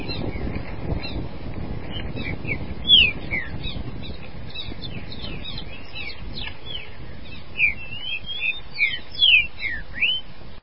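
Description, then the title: Green-winged saltator song: loud whistled slurs, one early and several late, stand out above a busy chorus of many chirping birds and steady low noise. "Trinca Ferro"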